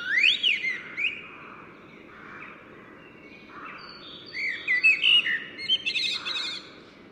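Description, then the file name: Common blackbird sings a rising whistled note and warbling, then after a quiet gap a longer phrase of fluty notes and high scratchy twitters, over steady background noise. "Turdus merula"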